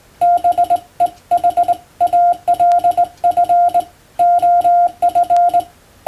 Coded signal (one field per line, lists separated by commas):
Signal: Morse code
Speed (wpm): 20 wpm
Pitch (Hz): 700 Hz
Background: none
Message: BEHALF OF